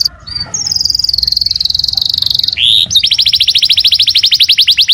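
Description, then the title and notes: Canary singing a drawn-out whistled note, a short buzzy slur, then a fast rolling trill of repeated high notes. Young canary; long-duration training song used for song tutoring. "Pancingan Kenari Muda Durasi Panjang. masteran kenari"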